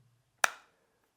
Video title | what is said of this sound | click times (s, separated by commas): SSG11 How to Shoot | now it's actually locked. | 0.4 s